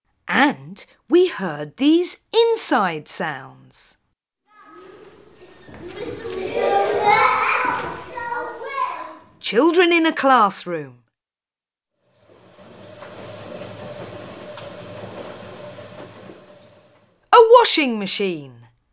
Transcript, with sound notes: And we heard these inside sounds: [FX: CLASSROOM] Children in a classroom. [FX: WASHING MACHINE] A washing machine.